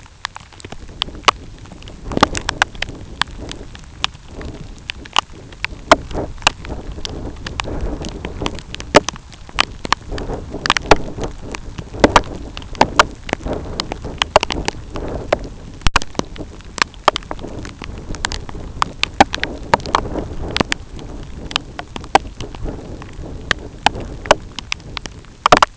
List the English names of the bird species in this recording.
none